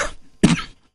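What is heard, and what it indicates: An elderly adult with heart disease and high blood pressure coughs on a phone call, a cough brought on by talking.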